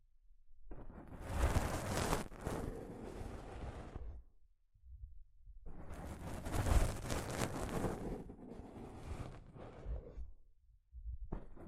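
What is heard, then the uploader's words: Soft fabric brushes across a microphone in two long rough bursts of rustling, one from about 1 to 4 seconds and one from 6 to 10 seconds. ASMR Mic Brushing using Soft Fabric (No Talking).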